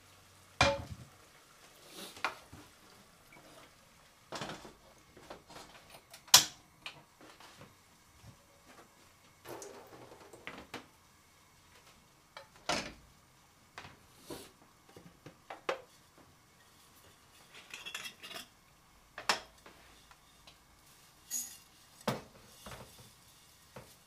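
Kitchen sounds from cooking tomato sauce pasta: sharp clinks and knocks of pots, pans and utensils come every second or two, some loud. Between them are softer scrapes and shuffling, with quiet pauses.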